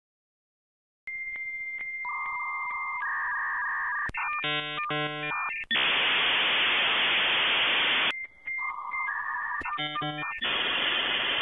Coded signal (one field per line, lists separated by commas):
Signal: dial-up modem handshake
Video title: 16 Dial Up Sound Variations in 2 Minutes